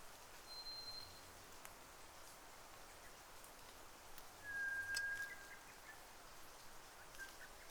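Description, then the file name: White's thrush song: a thin, steady high whistle, then several seconds later a lower, longer level whistle, over a constant hiss of background noise. Sung at night, 02:44, on 31 May 2009. "toratugumi-20090531-0244"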